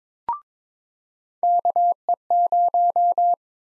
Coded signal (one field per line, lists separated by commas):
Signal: Morse code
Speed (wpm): 22 wpm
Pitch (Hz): 700 Hz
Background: none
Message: KE0